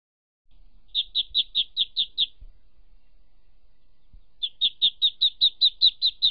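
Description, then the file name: High-pitched duckling peeps, seven quick notes, a pause of nearly two seconds, then a brisk run of about a dozen more. "Tieng vit con keu"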